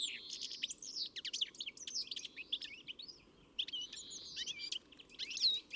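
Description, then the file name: European greenfinch calls, chattering chirps and drawn-out wheezy buzzes in bursts, with a short lull midway before the twittering resumes. "Chloris chloris"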